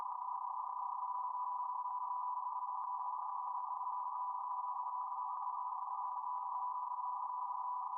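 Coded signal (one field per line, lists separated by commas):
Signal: PSK31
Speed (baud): 31.25 baud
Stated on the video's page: BPSK31 ragchew contacts made with an FTDX10 transceiver.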